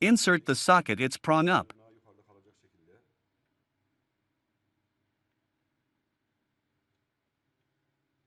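Someone talks briefly while a wire connector is held prong-side up for insertion into a socket on 3D printer electronics. Faint, quiet handling sounds follow until about 3 seconds, then silence for the rest of the clip. Nothing has seated or clicked yet.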